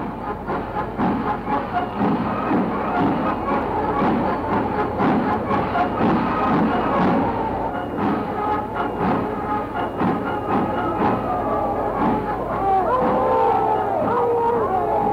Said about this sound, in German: die Menge Kopf an Kopf steht und die Hunderttausende dem deutschen Führer, dem Reichskanzler Adolf Hitler, zujubeln